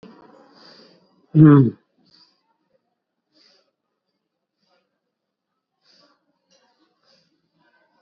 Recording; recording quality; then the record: deep breathing; poor, much background noise or distortion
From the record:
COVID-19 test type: RT-PCR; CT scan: not taken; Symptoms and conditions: cough, fatigue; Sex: male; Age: 30 years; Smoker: no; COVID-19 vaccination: both doses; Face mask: worn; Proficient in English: yes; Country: India